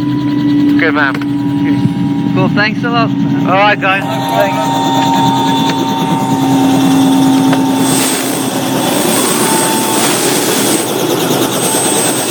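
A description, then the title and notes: Inside a helicopter, a loud steady engine roar and rotor drone fill the cabin with a constant low hum and a fixed whine above it. Someone speaks briefly in the first four seconds, partly masked by the noise. My first helicopter ride! at The Grove Hotel & Spa.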